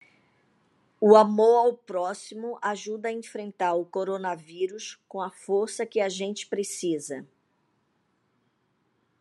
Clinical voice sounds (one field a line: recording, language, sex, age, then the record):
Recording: spoken sentence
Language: Brazilian Portuguese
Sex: female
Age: 60 to 69 years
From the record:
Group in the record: control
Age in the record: 60 years